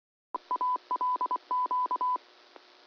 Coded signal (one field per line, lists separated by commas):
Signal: Morse code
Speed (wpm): 24 wpm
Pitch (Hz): 1000 Hz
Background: none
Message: ALQ